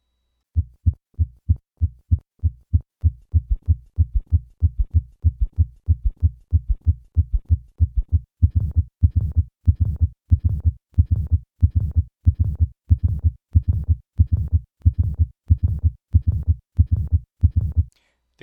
Findings of acute aortic regurgitation at the cardiac apex include a third heart sound as well as a diastolic rumble due to the effect of aortic regurgitation on the mitral valve, the so-called Austin-Flint murmur. The soft first heart sound, then the third heart sound, and finally the diastolic rumble.